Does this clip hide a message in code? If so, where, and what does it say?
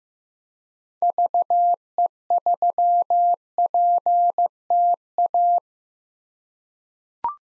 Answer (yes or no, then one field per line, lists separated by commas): yes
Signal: Morse code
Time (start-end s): 1.0-5.6 s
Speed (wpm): 15 wpm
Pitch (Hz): 700 Hz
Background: none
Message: VE3PTA